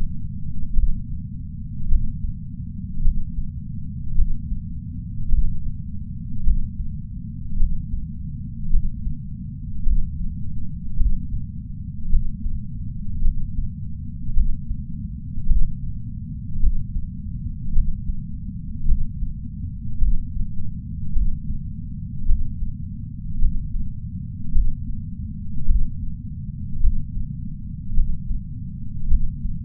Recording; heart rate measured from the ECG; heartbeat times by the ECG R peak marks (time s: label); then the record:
heart sounds by patch sensor on the chest; 53 bpm
0.73 s: heartbeat
1.87 s: heartbeat
3.00 s: heartbeat
4.14 s: heartbeat
5.28 s: heartbeat
6.42 s: heartbeat
7.56 s: heartbeat
8.69 s: heartbeat
9.82 s: heartbeat
10.96 s: heartbeat
12.08 s: heartbeat
13.20 s: heartbeat
14.32 s: heartbeat
15.45 s: heartbeat
16.59 s: heartbeat
17.71 s: heartbeat
18.84 s: heartbeat
19.97 s: heartbeat
21.11 s: heartbeat
22.24 s: heartbeat
23.38 s: heartbeat
24.51 s: heartbeat
25.65 s: heartbeat
26.79 s: heartbeat
27.93 s: heartbeat
29.06 s: heartbeat
From the record:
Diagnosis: coronary artery disease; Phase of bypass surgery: intraoperative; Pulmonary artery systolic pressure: 17 mmHg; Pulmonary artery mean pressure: 9 mmHg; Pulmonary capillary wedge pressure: 2 mmHg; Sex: male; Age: 71 years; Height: 162 cm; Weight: 75 kg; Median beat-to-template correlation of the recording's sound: 0.89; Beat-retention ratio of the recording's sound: 0.98